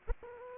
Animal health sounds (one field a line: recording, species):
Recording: mosquito wingbeat signal from an infrared sensor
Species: Aedes aegypti